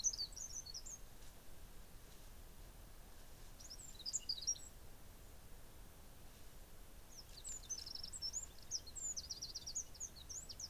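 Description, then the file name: Eurasian wren giving rapid, very high-pitched twittering bursts, one near the start, a short one around four seconds, and a longer run from seven seconds on, over steady low background hiss. "Troglodytes troglodytes"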